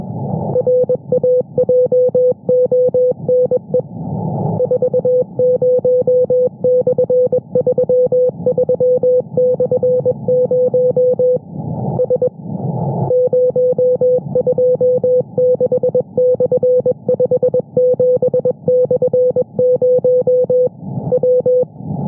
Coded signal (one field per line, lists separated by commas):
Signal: Morse code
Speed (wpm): 21 wpm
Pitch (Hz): 500 Hz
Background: music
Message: RAJONE 40/33/0 S 026/57/0 W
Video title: Intrusión diaria en 15 metros: 21,438 kHz CW, QTCs de "RCV"